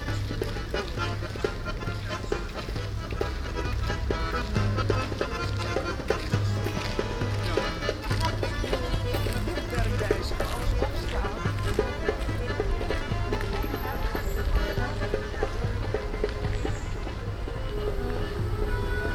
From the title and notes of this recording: Walking through Den Haag Sculptuur The Hague Sculpture - Lange Voorhout. Walking through Den Haag Sculptuur (The Hague Sculpture), An annual open air art exhibition.